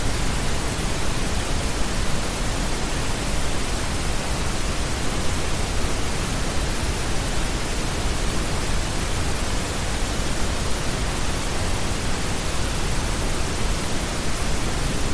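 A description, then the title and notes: A blend of brown and pink noise: a perfectly steady, dense hiss with a full low rumble, unchanging in level for the whole stretch. Brown and Pink Noise Fusion. It has a nice low-frequency rumble and depth of brown noise, providing a grounding and relaxing quality. Simultaneously, the pink noise component contributes to a more balanced distribution of frequencies, creating a gentle and soothing texture throughout the sound.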